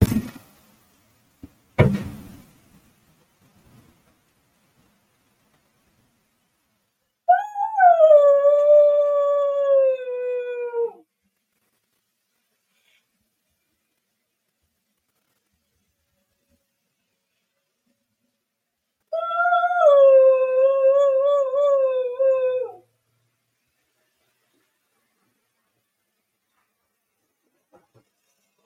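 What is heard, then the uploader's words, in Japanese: A dog howls twice, each long drawn-out howl lasting about four seconds, the first near seven seconds and the second near nineteen, with a slightly wavering pitch that sags at the end. Sharp knocks open the clip, then long silences separate the howls. 冬一郎のふた吠え。パソコンからのブラウザ録音です。冬一郎くんの遠吠えでした。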